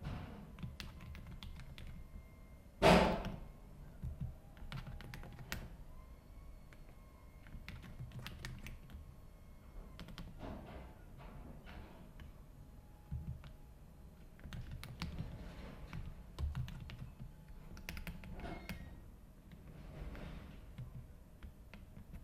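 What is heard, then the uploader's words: Irregular keyboard typing clicks over a low hum, with one loud sharp knock near three seconds and scattered clusters of taps throughout. Typing, Paper, Clicking sounds.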